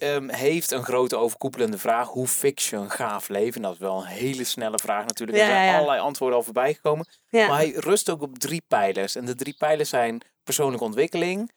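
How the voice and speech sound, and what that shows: A 33-year-old man speaks Dutch in a quiet room, fluently and at an easy conversational pace, with lively pitch and short natural pauses. His voice is clear and steady, with no repeats, blocks or slurring. This is typical adult speech.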